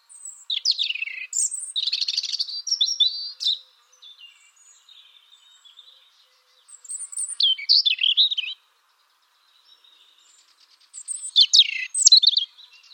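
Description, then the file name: European robin singing three separate phrases of thin, high, tumbling notes and quick trills, each a few seconds long, with quiet gaps of faint twittering between them. "Erithacus rubecula"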